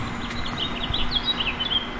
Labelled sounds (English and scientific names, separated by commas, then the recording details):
House Finch (Haemorhous mexicanus) song
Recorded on Long Island, New York, on 5 June 2011
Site MA
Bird A